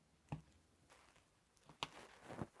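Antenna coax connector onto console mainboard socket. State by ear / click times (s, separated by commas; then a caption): seated / 0.3 s, 1.8 s. Small coaxial antenna connectors are lined up by fingernail or tweezers over their sockets on the mainboard of a Nintendo Switch 2 handheld console, then pressed straight down. Two sharp clicks are heard at 0.3 s and 1.8 s, with fainter handling noises between them, as the connectors seat into place.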